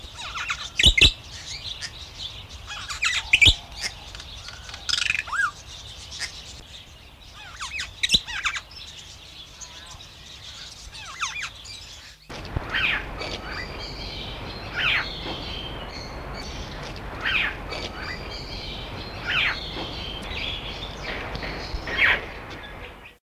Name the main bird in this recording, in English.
Splendid Starling